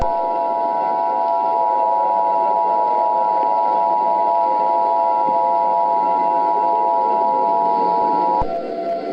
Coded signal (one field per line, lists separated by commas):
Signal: Emergency Alert System (SAME) tones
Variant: 853 and 960 Hz attention tone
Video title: Purple - An EAS Mini scenario